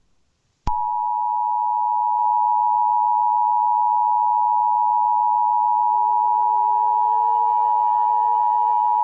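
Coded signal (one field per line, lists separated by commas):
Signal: Emergency Alert System (SAME) tones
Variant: 853 and 960 Hz attention tone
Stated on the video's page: Fictional EAS scenario tones about a "Deedo Invasion", not a real alert.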